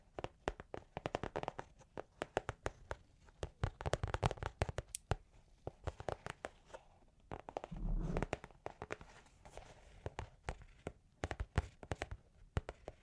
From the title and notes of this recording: Long Claws Tapping and Scratching (No Talking).